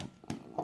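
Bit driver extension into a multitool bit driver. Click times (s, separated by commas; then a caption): 0.3 s. A bit driver extension, taken out of its velcro sheath, is pushed onto a multitool's bit driver and clicks into place at 0.3 s with a short, sharp snap. Softer ticks come before it, and a louder, brighter burst of noise follows near the end, around 0.6–0.7 s.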